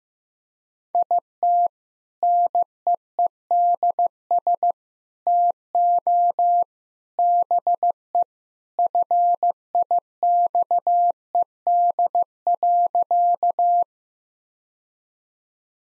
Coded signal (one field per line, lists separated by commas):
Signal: Morse code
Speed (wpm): 15 wpm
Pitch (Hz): 700 Hz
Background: none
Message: IT NEEDS TO BE FIXED.